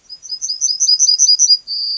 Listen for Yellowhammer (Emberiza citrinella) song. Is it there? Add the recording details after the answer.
yes. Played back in grassland. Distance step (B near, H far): B. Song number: 106